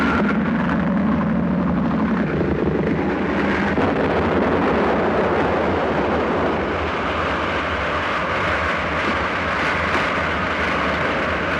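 A motorboat's engine drones steadily out on the open sea where a light plane fell, as the boat picks up Munson; its low hum is wrapped in loud, continuous rushing wind and water noise, with no voices throughout.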